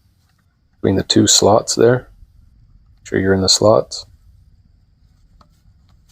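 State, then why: Not seated. Someone talks while lining up the retaining clip on a Chevy 4L60E transmission's electrical connector between its two slots, before it is pressed home. A couple of faint, brief ticks come at about 5.4 and 5.9 seconds. Nothing has seated or clicked yet.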